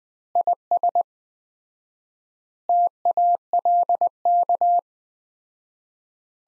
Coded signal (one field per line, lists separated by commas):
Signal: Morse code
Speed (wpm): 21 wpm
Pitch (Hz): 700 Hz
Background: none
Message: IS TALK